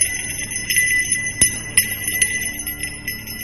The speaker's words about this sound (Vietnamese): đột nhiên một tiếng chuông leng ca leng keng vang lên. Tiếng chuông vang lên rõ lắm, to lắm.